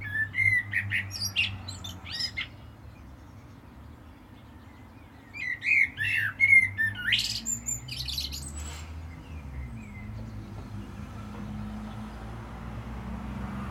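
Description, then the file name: Common blackbird giving two song phrases several seconds apart, each a short fluty warble followed by shrill high twittering, over background hum. "Turdus merula"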